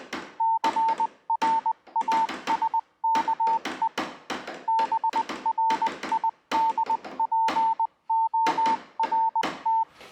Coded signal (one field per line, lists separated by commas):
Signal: Morse code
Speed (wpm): 20 wpm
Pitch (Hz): 900 Hz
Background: none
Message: CRASKE BRIDPORT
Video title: A journey in time and geography along the north east Tasmanian Telegraphic network.